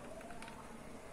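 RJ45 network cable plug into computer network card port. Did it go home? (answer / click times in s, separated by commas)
no / none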